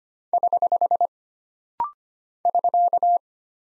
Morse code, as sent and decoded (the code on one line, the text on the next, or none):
........ / ...-.-
<HH> <SK>